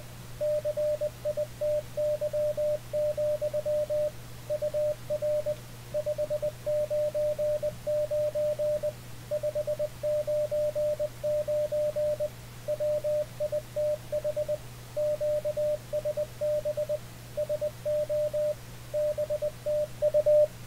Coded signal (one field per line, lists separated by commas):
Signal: Morse code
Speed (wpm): 20 wpm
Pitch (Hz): 600 Hz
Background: radio noise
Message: CITY, UR 599 599 WITH QSB SO BTU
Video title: How to Send and Receive CW Ham Radio Deluxe HDR Icom 7300